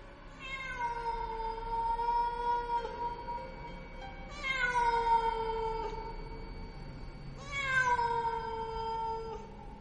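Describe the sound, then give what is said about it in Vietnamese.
A cat perched on top of a household altar lets out three long, eerie yowls, each drawn out for a few seconds with a wavering, nasal tone that sags slightly in pitch before fading, with brief pauses between. “Đoạn nó ngồi chễm chệ ở trên ấy, nó đưa đôi mắt vàng khè khè, lạnh lùng nhìn xuống bên dưới, kêu lên mấy tiếng ghê rợn.”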